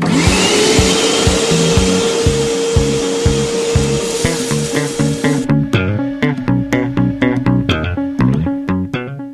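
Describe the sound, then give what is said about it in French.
A vacuum cleaner roars with a steady motor whine over a rhythmic, plucky music track, then shuts off abruptly about halfway through, leaving the music playing alone. “Tortoli et Arbatax, l'émission radio idéale pour passer l'aspirateur.”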